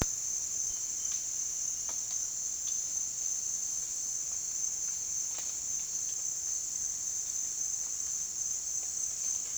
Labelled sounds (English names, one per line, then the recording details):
none
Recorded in dense forest near Puerto Asís, Putumayo, Colombia, on 19 June 2025 at 07:30
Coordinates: 0.466, -76.327
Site GP04